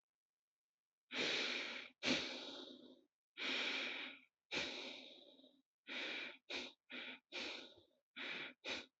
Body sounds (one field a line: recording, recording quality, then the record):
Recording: shallow breathing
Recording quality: excellent, no background noise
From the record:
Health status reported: healthy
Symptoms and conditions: none ticked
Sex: male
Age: 23 years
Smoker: not ticked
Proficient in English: yes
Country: India